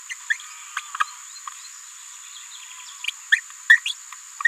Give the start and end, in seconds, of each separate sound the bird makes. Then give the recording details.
0.10-0.14, 0.30-0.33, 0.77-0.80, 1.00-1.03, 3.32-3.40, 3.69-3.77, 3.85-3.94. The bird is a female. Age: 27 days. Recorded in a nest box in Venezuela. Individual 17B73B2